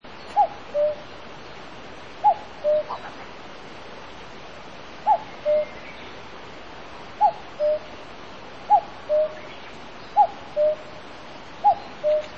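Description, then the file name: Common cuckoo calling a two-note falling cu-coo, repeated seven times at uneven gaps of about one and a half to three seconds, over a faint steady hiss. "kakko"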